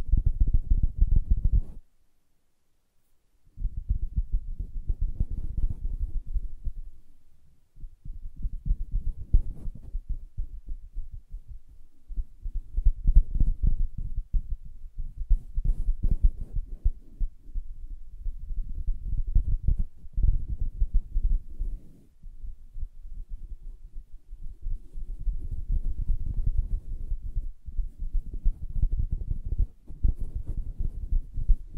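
Soft tapping and scratching on a fabric surface, muffled and low, with no bright edge. Dense bursts of rubbing and thumping swell and fade every few seconds. A short silence breaks in near the start, around two seconds, then the scratching carries on unevenly.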